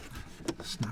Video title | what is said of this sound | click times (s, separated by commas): How to Remove Steering Wheel Cowls - Audi Q7 (4L 2005-2015) - COMPLETE DIY GUIDE | press these metal tabs in snap into place on both sides perfect | 0.5 s, 0.8 s